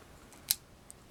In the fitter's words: and it releases the tab and it pulls right out there we go I'm out